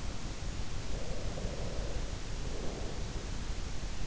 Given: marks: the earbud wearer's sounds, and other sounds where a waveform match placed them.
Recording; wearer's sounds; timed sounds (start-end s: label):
sounds in sleep by an in-ear microphone; breath
0.81-3.24 s: breath